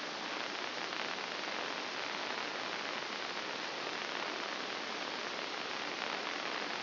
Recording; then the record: brain microelectrode recording played as sound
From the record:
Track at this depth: inside the subthalamic nucleus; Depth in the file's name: 4.863 mm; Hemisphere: left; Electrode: 2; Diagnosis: Parkinson's disease